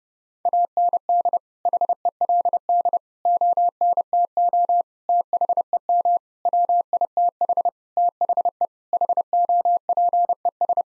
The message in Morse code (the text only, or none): AND HELD ONTO THEM WITH THE HOPES